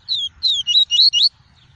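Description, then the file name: Double-collared seedeater song phrase of five clear, swooping whistles in quick succession. Song of the "tui-tui" variety. "canto do papa capim tui tui"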